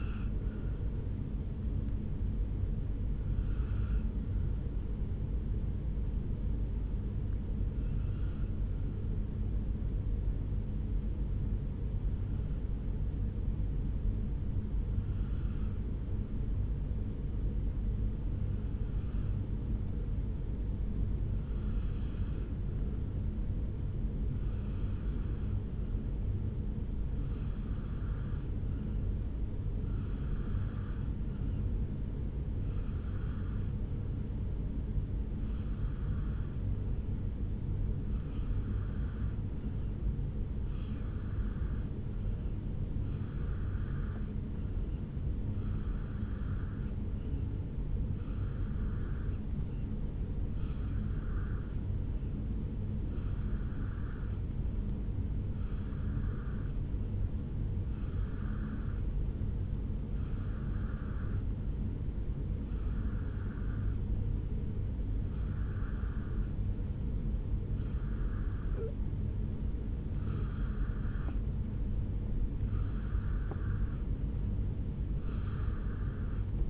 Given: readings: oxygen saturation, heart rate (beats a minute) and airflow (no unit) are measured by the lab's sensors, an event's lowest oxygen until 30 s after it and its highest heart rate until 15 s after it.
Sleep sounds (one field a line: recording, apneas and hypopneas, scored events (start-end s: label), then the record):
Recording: breathing in sleep by a smartphone at the bedside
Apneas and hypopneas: 1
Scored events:
5.00-66.90 s: hypopnea (N2, oxygen 97% highest, then 89% lowest, heart rate 52 at the start, 74 highest)
From the record:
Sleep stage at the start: N2 (light sleep)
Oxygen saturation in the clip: 87 to 97%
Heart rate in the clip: 52 to 74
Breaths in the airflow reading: 27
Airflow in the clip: -2.6 to 3.2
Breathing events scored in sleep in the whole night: 449 in 7.0 hours asleep